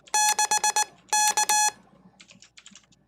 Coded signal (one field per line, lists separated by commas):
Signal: Morse code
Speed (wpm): 19 wpm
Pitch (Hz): 850 Hz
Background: none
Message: 6K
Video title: Learning MORE CW! Morse Code Practice with other YouTubers